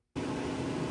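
During the rebuild of a blown-up Arctic Cat F7 race sled snowmobile engine in a garage, an unnamed part is handled before being pushed into place. After about 0.1 s of near silence, a steady broadband noise with a low hum begins abruptly and continues to the end, with no distinct transient. Nothing has seated or clicked yet.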